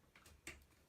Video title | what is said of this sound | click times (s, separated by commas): Corsair CX750M Installation (Part 2) | apply some Force you wait for the Click Click happens it's good to go | 0.5 s